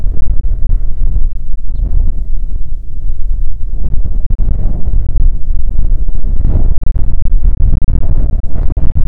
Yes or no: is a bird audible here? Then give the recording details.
yes. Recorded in the Prudhoe Bay oil fields, Alaska, on 5 June 2019 at 10:36. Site 16